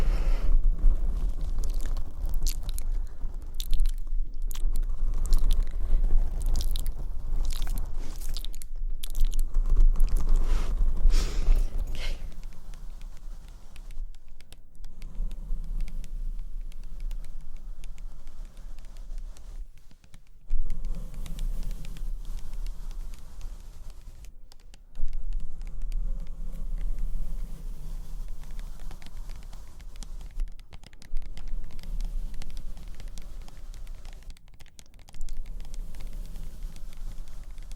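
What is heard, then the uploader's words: Dense tapping and scratching on a microphone, with quick irregular taps and brushing strokes. The first twelve seconds are loud and busy, then the sound turns softer and more scattered, with short pauses near 14, 20, 25 and 31 seconds and a steady low rumble underneath. Binaural Tapping, Mic Scratching.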